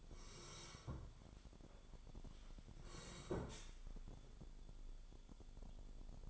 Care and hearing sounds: daily activity, microphone in the room; sit down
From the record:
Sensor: 5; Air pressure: 1015.3 hPa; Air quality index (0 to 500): 197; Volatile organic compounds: 9 ppm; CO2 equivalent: 2136 ppm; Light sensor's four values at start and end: 36/81/33/31 and 36/81/33/31

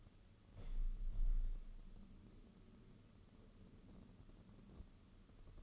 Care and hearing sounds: daily activity, microphone in the room; open window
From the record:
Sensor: 4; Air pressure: 995.2 hPa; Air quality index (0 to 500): 191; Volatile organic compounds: 121 ppm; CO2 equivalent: 3880 ppm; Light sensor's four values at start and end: 4/10/3/4 and 5/11/4/4

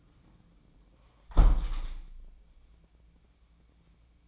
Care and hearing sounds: daily activity, microphone in the room; close window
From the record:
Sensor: 1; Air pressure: 1012.4 hPa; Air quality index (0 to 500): 166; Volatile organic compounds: 3 ppm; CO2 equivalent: 1357 ppm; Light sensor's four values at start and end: 144/323/143/150 and 150/334/149/156

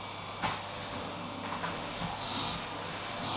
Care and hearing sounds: daily activity, microphone in the room; vacuum cleaning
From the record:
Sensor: 1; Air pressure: 988.7 hPa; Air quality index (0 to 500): 198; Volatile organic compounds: 986 ppm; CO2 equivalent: 5282 ppm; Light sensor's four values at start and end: 25/92/35/36 and 25/92/35/36

